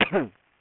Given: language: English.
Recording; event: throat vibration sensor signal played as sound; cough